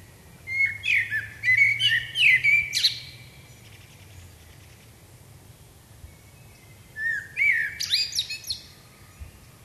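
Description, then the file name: Common blackbird song: two warbled phrases of low fluty notes, each breaking into a high squeaky twitter, separated by several seconds of quiet. "Turdus merula"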